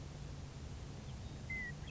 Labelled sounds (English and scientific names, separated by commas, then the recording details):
Western Meadowlark (Sturnella neglecta)
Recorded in Sonoma County, California